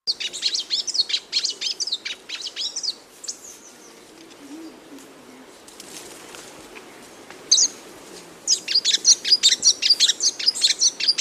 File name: canto da tietinga